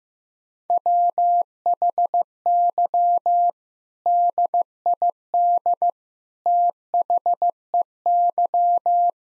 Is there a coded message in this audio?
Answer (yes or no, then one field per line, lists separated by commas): yes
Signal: Morse code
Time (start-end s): 0.7-9.1 s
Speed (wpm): 15 wpm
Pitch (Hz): 700 Hz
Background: none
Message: WHY DID THEY